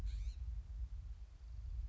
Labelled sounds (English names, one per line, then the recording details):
California Scrub-Jay
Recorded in Sonoma County, California